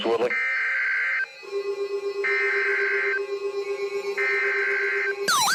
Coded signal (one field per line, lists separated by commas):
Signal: Emergency Alert System (SAME) tones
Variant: header bursts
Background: speech